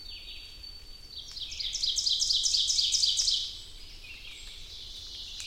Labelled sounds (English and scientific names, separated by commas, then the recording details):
Ovenbird (Seiurus aurocapilla) song
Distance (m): 35 m
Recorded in boreal forest in Alberta, Canada, on 2 June 2016 at 06:10
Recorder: SongMeter 3, array SBT-3-7
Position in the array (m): 47 m, 150 m
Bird 4